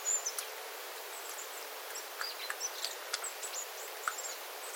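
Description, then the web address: Small birds calling with high, thin, slurred notes, a few brief chirps close together, over light dripping water and soft hiss. Small flock of small birds calling on 9 September 2025 after rain, with water dripping from the eaves. "paivat 9 9 2025 pikkulintuparven aantelya vesi tippuu raystaalta sateen jalkeen"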